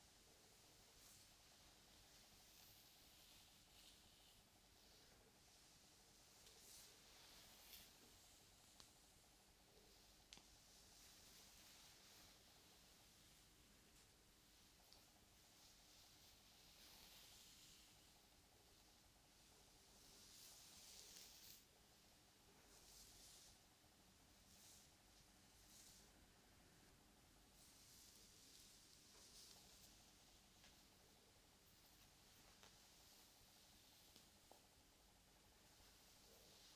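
Hair brushing and scalp massage: soft, steady bristly rustling and scratching, bright, with brief swishing strokes recurring every few seconds. A slightly fuller, louder stretch of brushing comes around twenty to twenty-two seconds, and a faint low hum sits underneath throughout.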